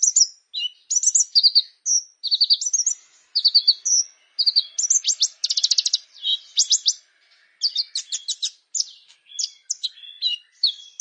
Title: Ciblek Sawah